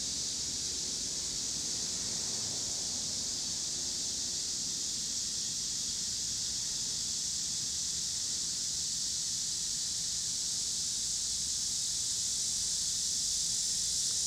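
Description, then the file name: Continuous shrill cicada chorus, a seamless high buzz, over a broad wash of low traffic rumble. Pittsburgh, Pennsylvania, 26 August 2023; recorded alongside passing cars. "cicadas and cars Pittsburgh PA"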